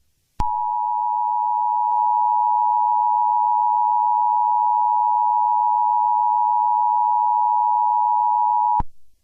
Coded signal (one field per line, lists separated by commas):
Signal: Emergency Alert System (SAME) tones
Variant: 853 and 960 Hz attention tone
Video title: After the Flash hurricane EAS